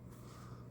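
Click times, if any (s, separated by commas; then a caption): none. A compact pistol slides into an older Kydex holster that holds only by friction fit. A steady low hum and faint rustle run through the 0.7-second clip with no sharp transient. Nothing snaps or clicks into place.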